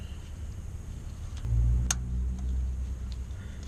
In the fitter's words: I heard it click. I don't know if it broke.